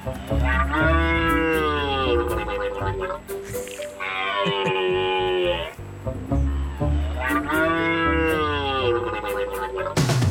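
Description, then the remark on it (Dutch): A red deer stag bellows three times while taking a sip of water, each call a long, loud, throaty groan that wavers in pitch and strains upward, with short pauses between the roars. “Vorige week wist de regionale omroep ook al beelden te tonen van een hert dat aan het beurlen was.”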